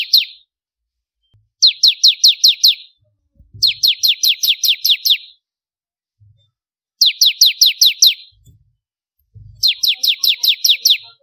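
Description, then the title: Bar-winged prinia singing repeated rapid runs of high, downward-sweeping chip notes, separated by short gaps, plus occasional soft low knocks. Kristal (crystal) type of ciblek, the bar-winged prinia. "Kicau Ciblek Kristal"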